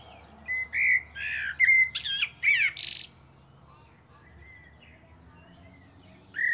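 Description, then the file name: Common blackbird song: rich whistled notes followed by strained, squealing high twitters, then quiet until a new fluty note begins. "Turdus merula"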